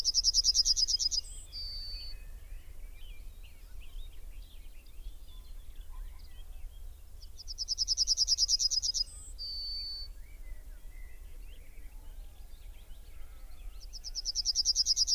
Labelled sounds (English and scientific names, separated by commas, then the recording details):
Yellowhammer (Emberiza citrinella) song
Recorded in the wild
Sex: male
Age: adult
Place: Köppchensee, Berlin, DE
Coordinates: 52.6167, 13.3667
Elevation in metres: 40
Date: 1999-05-29 19:33
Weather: heiter, 28°C
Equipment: Sony MD-WM MZ-R3, Sennheiser ME 80, Kopie Uher 4000 Report Monitor
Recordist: Tembrock, Günter